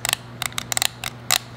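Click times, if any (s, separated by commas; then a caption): 0.1 s, 0.5 s, 0.7 s, 0.8 s, 0.9 s, 1.3 s. The flow-control slider on a small internal aquarium filter is slid up and down, producing a run of short, bright detent clicks at 0.1, 0.5, 0.7, 0.8, 0.9 and 1.3 seconds over a steady low hum. It clicks into place easily and is not hard to move.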